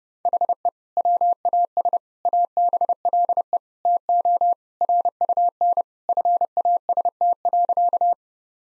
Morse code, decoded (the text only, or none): HE WAS ABLE TO RUN FAST.